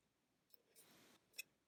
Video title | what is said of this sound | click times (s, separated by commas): 1080P HD Wireless CCTV Bullet WIFI audio Outdoor Camera Yoosee APP IP SETUP Manual GUIDE | just press on it until you guys hear a clicking sound. That means it's in. | 1.4 s